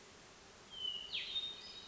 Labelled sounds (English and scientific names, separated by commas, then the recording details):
Hermit Thrush (Catharus guttatus)
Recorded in Sonoma County, California